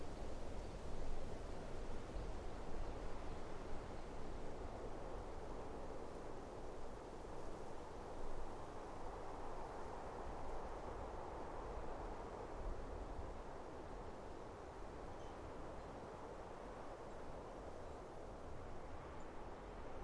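Wind at the top of a mountain, a steady, dense rushing roar weighted toward the low and middle range. Gusts swell slightly in the first half, around one and eight seconds, then the sound settles a little softer and stays even to the end.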